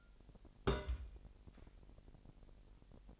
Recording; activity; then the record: daily activity, microphone in the room; place on stove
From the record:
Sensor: 5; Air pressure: 1002.1 hPa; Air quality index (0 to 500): 274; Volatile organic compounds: 16 ppm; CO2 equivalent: 2546 ppm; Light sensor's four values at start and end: 20/43/19/21 and 20/43/19/21